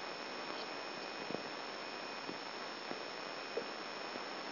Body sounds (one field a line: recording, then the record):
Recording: brain microelectrode recording played as sound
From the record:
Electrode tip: outside the subthalamic nucleus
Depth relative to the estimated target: 4 mm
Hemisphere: left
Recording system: AlphaMap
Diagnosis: Parkinson's disease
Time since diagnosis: 14 years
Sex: male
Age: 66 years